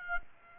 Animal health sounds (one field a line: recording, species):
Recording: mosquito wingbeat signal from an infrared sensor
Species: Aedes aegypti